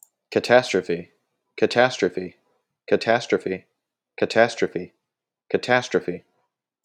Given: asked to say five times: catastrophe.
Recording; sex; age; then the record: repeated word; male; 20 to 29 years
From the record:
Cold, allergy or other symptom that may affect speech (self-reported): no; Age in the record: 27 years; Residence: Illinois, United States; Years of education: 16